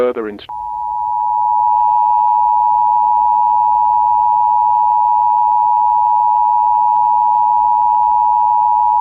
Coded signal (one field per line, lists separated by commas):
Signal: Emergency Alert System (SAME) tones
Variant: 853 and 960 Hz attention tone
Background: speech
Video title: Emergency Alert System (UK) - 1990s Black Hole Broadcast